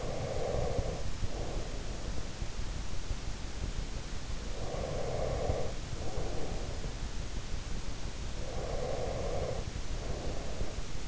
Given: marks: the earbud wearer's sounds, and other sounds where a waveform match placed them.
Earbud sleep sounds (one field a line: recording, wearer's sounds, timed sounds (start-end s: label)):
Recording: sounds in sleep by an in-ear microphone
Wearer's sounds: breath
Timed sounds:
0.00-2.40 s: breath
4.55-7.22 s: breath
8.16-11.08 s: breath